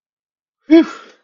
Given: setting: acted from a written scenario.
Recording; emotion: vocal sound without words; relief